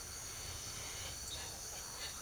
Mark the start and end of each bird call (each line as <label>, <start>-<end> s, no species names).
bird call, 0.50-2.21 s